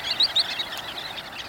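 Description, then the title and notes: Sanderling calls: a few brief, sharp, high notes in quick succession at the start, then fainter chips over steady background noise. Small flocks feeding along winter shorelines, probing at the water's edge and keeping pace with each wave's ebb and flow; birds staying through the winter. "Rachel Carson, in Under the Sea Wind , described Sanderlings"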